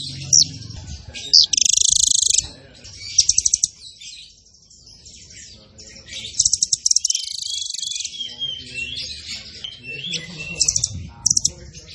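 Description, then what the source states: Zebra finch song, high-pitched chattering phrases with long dense buzzy bursts and sharp chips, pausing midway before resuming with trills and whistled slurs. Masteran (training) recording of a zebra finch (burung tembakan) described as gacor (singing actively).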